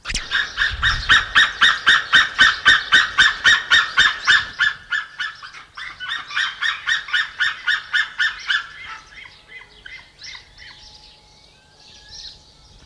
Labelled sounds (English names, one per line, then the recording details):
Ferruginous Hawk call
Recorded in captivity
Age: adult
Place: Tierpark Berlin, Berlin, DE
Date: 1981-04-18 10:12
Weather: sonnig 1-6°C
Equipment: Nagra SN, Kopie Uher 4200
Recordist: Tembrock, Günter